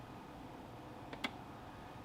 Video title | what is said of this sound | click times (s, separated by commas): How to use the IR Spectrophotometer | close this down until you hear a click | 1.1 s, 1.2 s